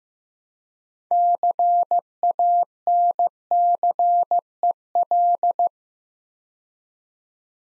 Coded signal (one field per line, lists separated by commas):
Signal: Morse code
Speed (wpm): 15 wpm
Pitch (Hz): 700 Hz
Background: none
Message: CANCEL